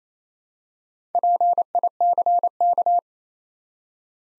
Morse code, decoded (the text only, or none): PICK